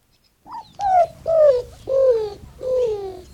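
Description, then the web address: Greater roadrunner giving soft, descending cooing notes, four whining coos after a faint first note, puppy-like in tone. Soft cooing voice likened to a lonely puppy. "Birdnote. Roadrunner"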